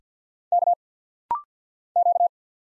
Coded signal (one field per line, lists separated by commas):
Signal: Morse code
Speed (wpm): 50 wpm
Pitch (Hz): 700 Hz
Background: none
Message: K Q